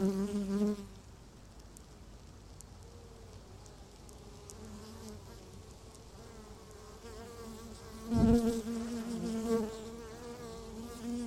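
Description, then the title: Honey bees buzzing, a low hum of the hive with one bee loudly passing at the start and another sweeping by near eight seconds. Beehive at Laren, Gelderland, recorded 17 July 2015; not a binaural recording. "Beehive. Bijenkorf (Laren Gld., July 17th 2015)"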